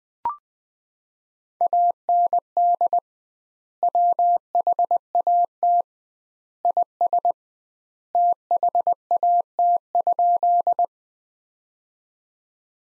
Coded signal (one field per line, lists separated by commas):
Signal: Morse code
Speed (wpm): 21 wpm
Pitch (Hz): 700 Hz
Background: none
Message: AND WHAT IS THAT?